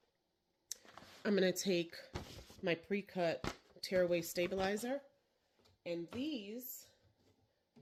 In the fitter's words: It's going to go right in here. It snaps right in.